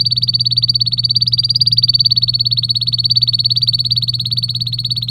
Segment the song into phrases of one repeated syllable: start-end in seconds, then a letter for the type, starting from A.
0.00-5.10 A